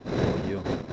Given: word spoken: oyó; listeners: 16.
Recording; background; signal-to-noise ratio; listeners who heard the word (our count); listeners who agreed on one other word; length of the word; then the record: one Spanish word in noise, from a listening test; noise modulated by three-talker babble; -5.3 dB; 2 of 16; 6 of 16; 0.53 s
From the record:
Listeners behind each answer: 6, 2, 1, 1, 1, 1, 1, 1, 1, 1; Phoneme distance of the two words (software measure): 21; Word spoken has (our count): 2 syllables, 3 phonemes, stress on syllable 2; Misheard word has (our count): 1 syllable, 2 phonemes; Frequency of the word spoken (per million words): 20.80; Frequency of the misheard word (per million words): 1099.14